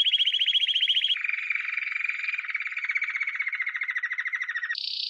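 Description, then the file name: Canary song: a rapid rolling trill, then a long lower, slightly falling roll, then an abrupt jump to a high phrase. "Canary Voice"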